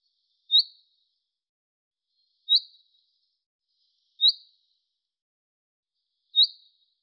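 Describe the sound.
Bird calls: four high, clipped chirps repeated about every two seconds against a silent background.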